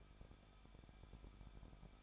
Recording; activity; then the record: daily activity, microphone in the room; no activity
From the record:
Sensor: 5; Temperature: 20.8 degrees Celsius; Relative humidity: 38.5%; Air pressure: 1006.5 hPa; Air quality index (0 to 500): 191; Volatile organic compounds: 20 ppm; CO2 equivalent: 2689 ppm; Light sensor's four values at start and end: 2/3/1/1 and 2/3/1/1